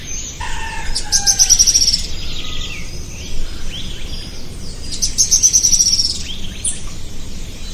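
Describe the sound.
Bird with two high, rapid, slightly descending trills about four seconds apart, a lower whistled note near the start, and steady background noise throughout.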